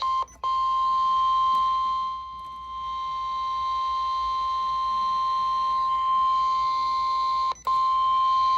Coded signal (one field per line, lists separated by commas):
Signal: Emergency Alert System (SAME) tones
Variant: 1050 Hz attention tone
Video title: Leftover EAS Alerts from 6/18/2026 | EAS #318-334